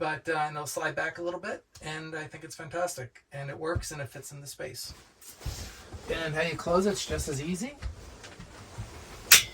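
Someone talks while handling the folding mechanism of a sofa bed in a camper van bed frame in an ambulance conversion, starting to close it. A brief sharp sound comes right at the end. The mechanism has not clicked into position yet.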